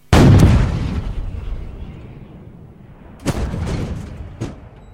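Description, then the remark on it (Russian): A heavy cannon blast, fired by a Frenchman, opens with a deep booming roar that slowly rumbles away, followed by a second, sharper shot and a quick crack near the end. “Ну что ж, посмотрим, как стреляет из пушек французишка.”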